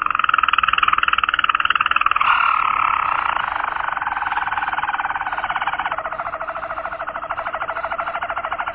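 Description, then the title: Canary song made of fast, buzzy rolled trills that shift to a new pitch twice, the pulses running steadily without a break. "kenarijos"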